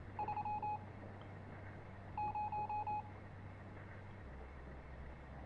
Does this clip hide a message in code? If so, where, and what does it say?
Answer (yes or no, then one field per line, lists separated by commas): yes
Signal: Morse code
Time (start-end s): 0.2-3.0 s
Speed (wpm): 27 wpm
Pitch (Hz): 840 Hz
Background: none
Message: 3 0